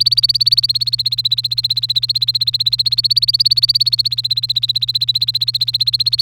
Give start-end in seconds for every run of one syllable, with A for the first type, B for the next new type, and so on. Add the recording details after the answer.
0.00-6.21 A. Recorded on 3 May 2018 at 09:51. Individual llb3